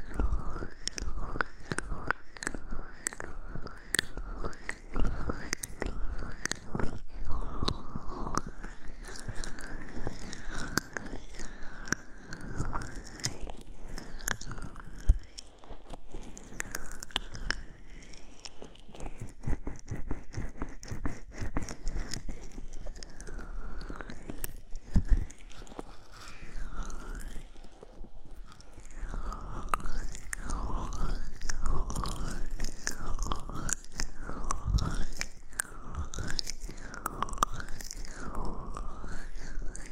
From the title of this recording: Massage Gentle Brush Ear Cleaning